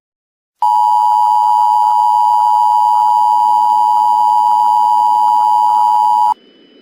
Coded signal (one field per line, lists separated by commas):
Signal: Emergency Alert System (SAME) tones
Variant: 853 and 960 Hz attention tone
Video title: "Better off not showing whats inside..." | short emergency alert system Gift for @Void-bq9sd